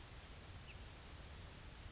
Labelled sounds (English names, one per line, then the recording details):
Yellowhammer song
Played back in grassland
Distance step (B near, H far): D
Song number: 119